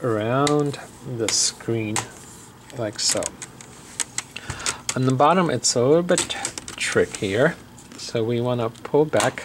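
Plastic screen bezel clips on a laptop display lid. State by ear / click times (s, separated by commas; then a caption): released / 4.0 s, 4.2 s, 4.4 s. Someone talks while prying the plastic screen bezel off the display lid of an HP Notebook 15-bs laptop, lifting it up and out with fingertips or fingernails. The bezel clips snap free one after another at about 4.0, 4.2 and 4.4 seconds, releasing the bezel.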